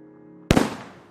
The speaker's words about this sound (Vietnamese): Đúng 12 giờ đêm, pháo hoa trên huyện bắt đầu nổ vang trời, lấp lánh cả một vùng sông nước.